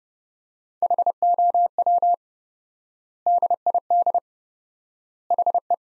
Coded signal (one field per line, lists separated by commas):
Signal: Morse code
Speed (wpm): 30 wpm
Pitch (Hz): 700 Hz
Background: none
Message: HOW DID HE